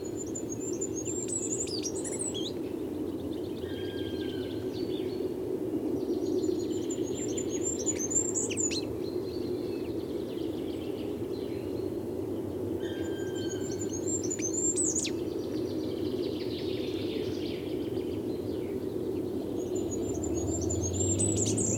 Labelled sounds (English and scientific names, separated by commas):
Goldcrest (Regulus regulus)